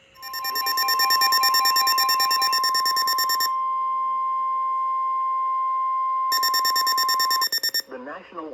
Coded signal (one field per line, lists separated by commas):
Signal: Emergency Alert System (SAME) tones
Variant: 1050 Hz attention tone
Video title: April Storms || EAS Alerts from 4/22/23 || EAS 900-922